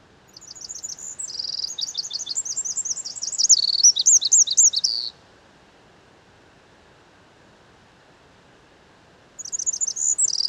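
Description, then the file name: Eurasian wren song, a rapid high-pitched outpouring of trills and sharp notes lasting about five seconds, a pause, then another burst starting near the end. "Troglodytes troglodytes"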